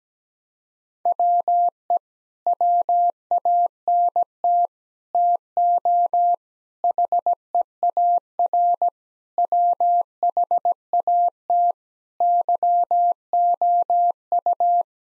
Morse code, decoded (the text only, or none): WE WANT TO HEAR WHAT YOU